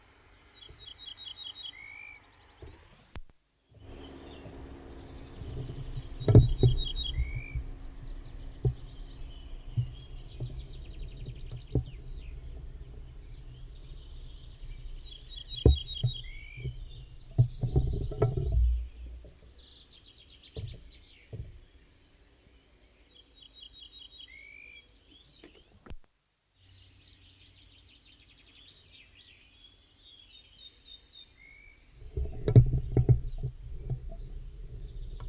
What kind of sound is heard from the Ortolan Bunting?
song